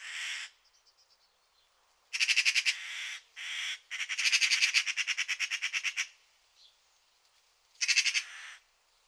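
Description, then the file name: Eurasian magpie giving harsh, rattling chatter calls in bursts, with a long rapid series of dry clicks in the middle and softer squawks between. "Pica pica"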